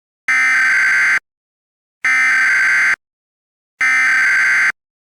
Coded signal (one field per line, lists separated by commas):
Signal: Emergency Alert System (SAME) tones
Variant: header bursts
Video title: EAS Scenario #11: THE MOST BRUTAL WINTER IN HUMAN EXISTANCE